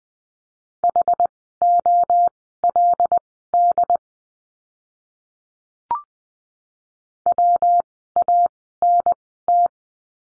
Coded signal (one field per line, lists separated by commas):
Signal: Morse code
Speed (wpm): 20 wpm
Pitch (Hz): 700 Hz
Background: none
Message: HOLD WANT